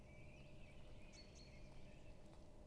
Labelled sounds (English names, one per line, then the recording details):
Common Chaffinch
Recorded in Germany
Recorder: ecoPi